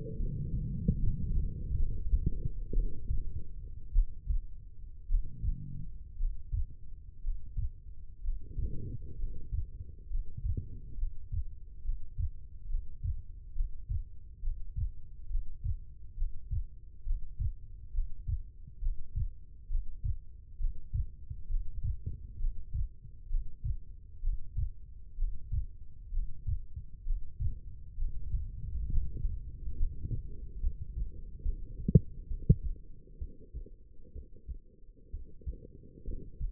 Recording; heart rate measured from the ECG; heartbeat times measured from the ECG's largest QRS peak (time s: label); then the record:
heart sounds by stethoscope; 65 bpm
0.16 s: heartbeat
0.98 s: heartbeat
1.75 s: heartbeat
2.73 s: heartbeat
3.92 s: heartbeat
5.07 s: heartbeat
6.18 s: heartbeat
7.22 s: heartbeat
8.22 s: heartbeat
9.17 s: heartbeat
10.09 s: heartbeat
10.97 s: heartbeat
11.83 s: heartbeat
12.68 s: heartbeat
13.54 s: heartbeat
14.41 s: heartbeat
15.29 s: heartbeat
16.16 s: heartbeat
17.04 s: heartbeat
17.92 s: heartbeat
18.80 s: heartbeat
19.69 s: heartbeat
20.58 s: heartbeat
21.48 s: heartbeat
22.38 s: heartbeat
23.28 s: heartbeat
24.21 s: heartbeat
25.16 s: heartbeat
26.11 s: heartbeat
27.04 s: heartbeat
27.96 s: heartbeat
28.87 s: heartbeat
29.75 s: heartbeat
30.60 s: heartbeat
31.42 s: heartbeat
32.27 s: heartbeat
33.18 s: heartbeat
34.12 s: heartbeat
35.10 s: heartbeat
36.04 s: heartbeat
From the record:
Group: healthy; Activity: breath hold 0-30 s, rest 30-37 s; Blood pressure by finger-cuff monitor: 100/64 mmHg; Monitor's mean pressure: 74 mmHg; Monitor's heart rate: 66 bpm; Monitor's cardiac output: 5 L/min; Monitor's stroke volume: 77 mL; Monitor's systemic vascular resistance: 1040 dyn s/cm5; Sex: female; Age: 22 years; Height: 171 cm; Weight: 65.6 kg